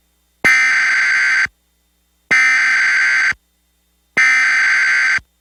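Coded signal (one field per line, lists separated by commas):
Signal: Emergency Alert System (SAME) tones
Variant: header bursts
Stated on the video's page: Recreation with valid tones of a National Weather Service Green Bay tornado warning as seen on a Time Warner Cable headend, with Texscan-MSI style.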